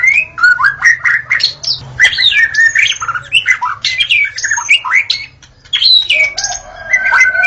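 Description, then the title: White-rumped shama delivering a dense, continuous medley of whistles, chatters and squeaky notes, jumping in pitch, with a short pause near the end. Natural song recorded in forest. "Kicau Asli Murai Batu Hutan"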